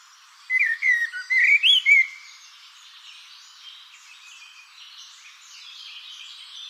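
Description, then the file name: Common blackbird song: a short phrase of mellow fluted whistles, rising and falling, followed by soft, faint twittering. "Turdus merula"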